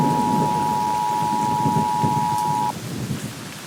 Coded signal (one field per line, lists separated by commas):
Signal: Emergency Alert System (SAME) tones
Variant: 853 and 960 Hz attention tone